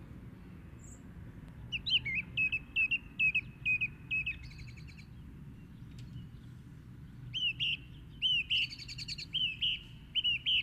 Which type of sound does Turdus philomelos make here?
song